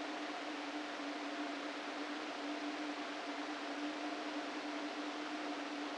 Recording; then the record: brain microelectrode recording played as sound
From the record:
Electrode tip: inside the subthalamic nucleus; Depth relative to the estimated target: 0 mm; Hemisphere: right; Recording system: NeuroSet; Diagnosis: Parkinson's disease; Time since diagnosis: 13 years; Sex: male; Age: 49 years